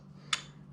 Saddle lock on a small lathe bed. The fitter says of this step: then it locks into place now